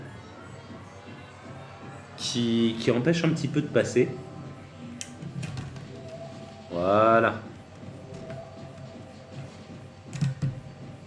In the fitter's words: et ensuite ça ça se clipse là ok Nice plus